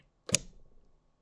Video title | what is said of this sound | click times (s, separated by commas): Cricut Score Lines Tutorial ✂️ How to Score - even on the JOY!! | not sure if you can hear but that clicked so put it in | 0.4 s